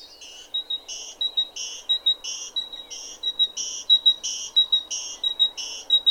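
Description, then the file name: Great tit singing a repeated ringing two-note phrase, cycling evenly over a low background noise. "Parus major"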